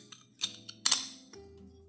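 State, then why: Seated. A metal VST espresso basket is fitted into a Starseeker Super 58 portafilter, with light metallic taps and clinks before a sharp click at 0.9 s as it seats properly. A softer clink and a low hum follow.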